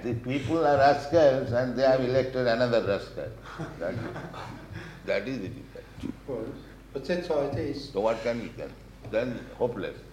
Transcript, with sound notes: The people are rascals, and they have elected another rascal. [laughter]
But that's how it is.
So what can be done? Then hopeless.